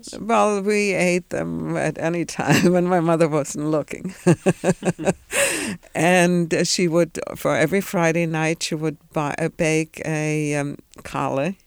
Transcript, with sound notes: Well, we ate them at any time when my mother wasn't looking. (she laughs) And she would, for every Friday night she would bake a challah,